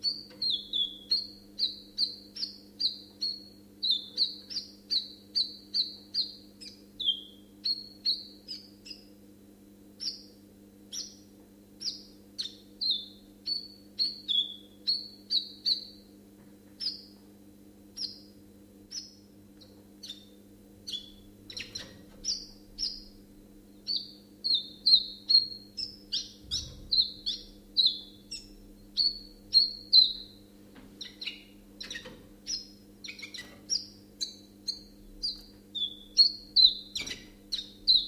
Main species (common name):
Common Chiffchaff